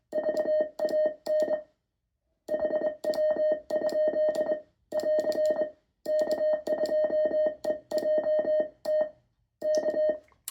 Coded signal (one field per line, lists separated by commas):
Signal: Morse code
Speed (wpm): 21 wpm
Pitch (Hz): 610 Hz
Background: music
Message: VAN HW? <AR> K2EJT K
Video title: N0SA SP-X CW key vs. cwmorse.us N0SA designed SP4 CW key